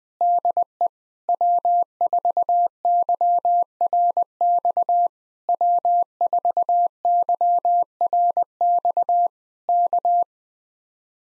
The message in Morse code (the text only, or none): DE W4YRX W4YRX K